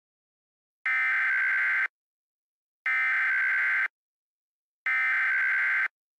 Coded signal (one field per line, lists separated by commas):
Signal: Emergency Alert System (SAME) tones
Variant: header bursts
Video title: My First EAS Scenario